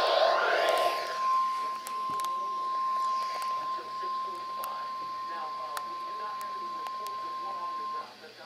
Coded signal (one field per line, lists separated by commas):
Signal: Emergency Alert System (SAME) tones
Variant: 1050 Hz attention tone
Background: speech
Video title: TORNADO WARNING (EAS Alert #1058)